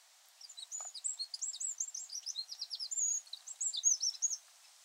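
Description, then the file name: Eurasian wren with a rapid, tumbling stream of sharp high notes and trills lasting about four seconds. "Troglodytes troglodytes"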